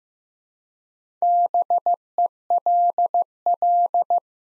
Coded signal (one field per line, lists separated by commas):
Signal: Morse code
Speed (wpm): 15 wpm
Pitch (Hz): 700 Hz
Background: none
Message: BELL